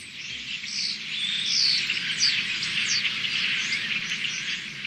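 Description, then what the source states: Tree Swallows calling as a flock, a dense chatter of overlapping high chirps and twitters throughout. Flock gathering in late summer or autumn at the Connecticut River before migration, merging into a massive cloud called the Swallow Funnel.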